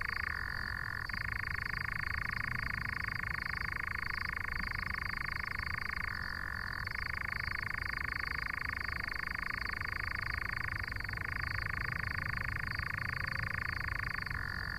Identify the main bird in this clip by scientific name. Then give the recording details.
Caprimulgus europaeus. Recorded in the wild. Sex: male. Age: adult. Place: Schönow, Naturpark Barnim, Brandenburg, DE. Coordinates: 52.6947, 13.5039. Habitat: heather. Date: 2013-06-08 23:13. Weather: clear, windless, 20°C. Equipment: Sound Devices 702, Sennheiser MKH 70, Rycote Windschutz. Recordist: Frommolt, Karl-Heinz